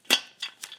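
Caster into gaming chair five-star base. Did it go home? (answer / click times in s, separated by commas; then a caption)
no / none. A caster is being handled at an E-WIN gaming chair's five-star base, laid upside down on foam, ready to be pushed down into place. A sharp clink-like hit comes first, then two fainter taps. The caster has not seated or snapped in yet.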